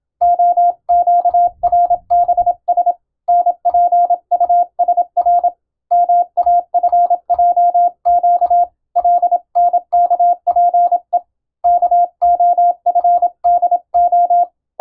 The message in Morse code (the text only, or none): OQRBS NPUSR MAFJQ LNKPE KOFDO